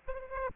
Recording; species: mosquito wingbeat signal from an infrared sensor; Aedes aegypti